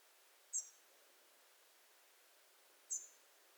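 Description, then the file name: European robin giving two short, sharp, high-pitched thin notes about two and a half seconds apart, with only soft hiss between them. "Erithacus rubecula"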